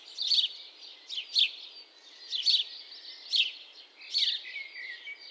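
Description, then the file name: House sparrow chirps, short bright cheeps repeated roughly once a second, some doubled, over a faint steady background hiss. "Passer domesticus"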